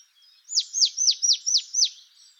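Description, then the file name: Marsh tit: a quick run of six sharp, high notes, each sliding steeply downward, spaced roughly a quarter second apart against a quiet background. "Poecile palustris"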